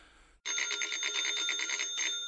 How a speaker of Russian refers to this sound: Телефонный звонок прозвучал вовремя.